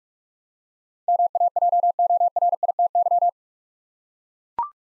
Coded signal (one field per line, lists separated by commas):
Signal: Morse code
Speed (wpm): 44 wpm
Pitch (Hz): 700 Hz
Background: none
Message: MAJORITY